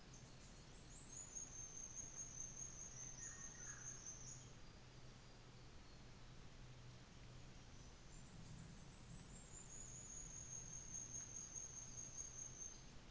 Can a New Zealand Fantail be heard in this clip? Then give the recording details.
yes. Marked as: faintness 1/5. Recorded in New Zealand on 24 December 2018. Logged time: 13:00